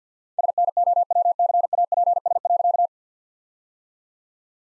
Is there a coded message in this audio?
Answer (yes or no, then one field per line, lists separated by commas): yes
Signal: Morse code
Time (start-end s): 0.4-2.9 s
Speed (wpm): 50 wpm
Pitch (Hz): 700 Hz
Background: none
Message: SNOWCAPS.